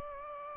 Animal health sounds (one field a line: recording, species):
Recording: mosquito wingbeat signal from an infrared sensor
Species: Aedes aegypti